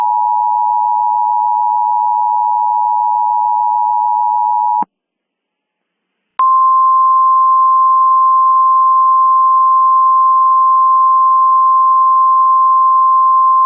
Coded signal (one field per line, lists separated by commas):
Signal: Emergency Alert System (SAME) tones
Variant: 853 and 960 Hz attention tone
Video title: EAS Mock Scenario: Complete Randomness